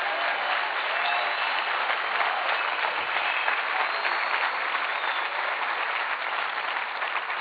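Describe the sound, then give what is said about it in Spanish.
A crowd applauds steadily for several seconds at a Spanish-language pastoral talk, a dense, even wash of many hands clapping at constant loudness, with no voices standing out. “Ese aplauso chueco, agárrelo para usted.”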